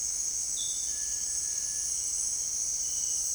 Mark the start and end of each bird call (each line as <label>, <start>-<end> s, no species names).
bird call, 0.81-2.10 s